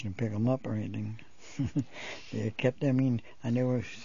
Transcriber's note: he laughs